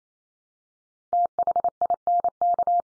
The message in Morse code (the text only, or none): THINK